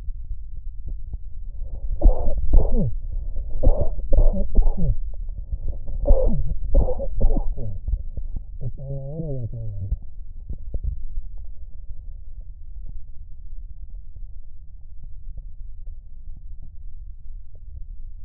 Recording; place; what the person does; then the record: lung sounds by stethoscope; right posterior basal chest; quiet breathing, then cough and speech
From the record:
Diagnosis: COPD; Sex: male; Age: 78 years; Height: 162 cm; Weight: 66.4 kg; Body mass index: 25.3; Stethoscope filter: extended mode